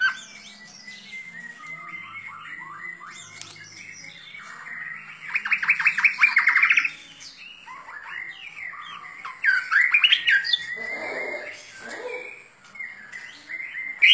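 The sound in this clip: Bird song: two loud bursts of rapid trilling stand out over constant quieter chirping.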